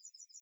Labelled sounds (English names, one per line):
Yellowhammer song